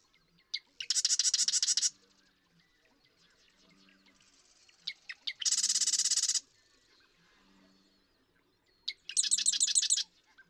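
Marsh Wren repeating its song about every four seconds: sharp clicking notes then a dense, buzzy rattling trill, three times.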